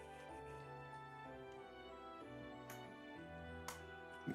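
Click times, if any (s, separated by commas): 3.7 s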